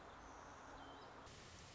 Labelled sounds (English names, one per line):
Song Sparrow